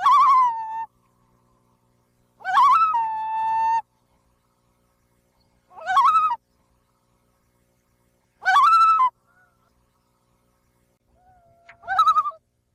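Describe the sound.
Loon calls: five wavering, harmonic notes, each lasting about a second, spaced every few seconds, with near silence between them.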